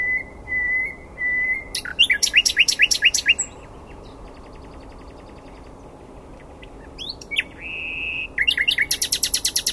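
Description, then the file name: Common nightingale song: level whistles, then a loud run of sharp repeated notes, a quiet rattle, and a final fast burst of clicking notes. "Luscinia megarhynchos"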